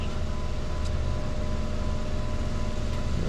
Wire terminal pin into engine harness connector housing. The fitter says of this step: hold that wire and just push it back yeah I'm not feeling the click there should be a click